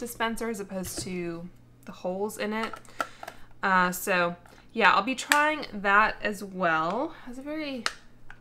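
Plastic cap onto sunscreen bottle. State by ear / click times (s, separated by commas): not seated / none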